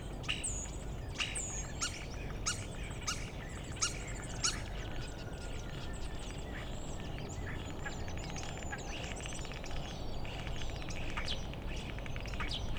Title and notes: Goworów 6, 57-515, Poland - Starlings mimicking other species. Zainstalowały mi się za oknem szpaki i udają najróżniejsze inne dźwięki. Obok wcale nie ma stawu - to szpaki udają żaby. Tak samo z wołaniem żurawi - to słabsze głosy, ale ewidentny zaśpiew żurawia